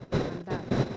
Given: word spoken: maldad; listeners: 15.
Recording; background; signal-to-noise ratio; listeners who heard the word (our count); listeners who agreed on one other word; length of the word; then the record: one Spanish word in noise, from a listening test; noise modulated by one talker; -10.5 dB; 2 of 15; 9 of 15; 0.57 s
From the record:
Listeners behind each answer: 9, 3, 2, 1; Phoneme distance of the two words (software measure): 27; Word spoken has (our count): 2 syllables, 6 phonemes, stress on syllable 2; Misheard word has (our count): 2 syllables, 5 phonemes, stress on syllable 2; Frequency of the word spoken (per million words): 6.10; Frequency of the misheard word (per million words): 32.65